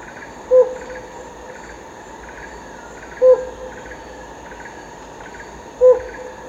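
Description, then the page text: Helmeted Hornbill call: three hollow hoots about two and a half seconds apart against continuous buzzing insects. Recorded at Danum, Borneo, on 1 April 2006. "DANUM 20060401. Sound of Helmeted Hornbill at Danum by EDWARDS, David - Borneo Bird Images"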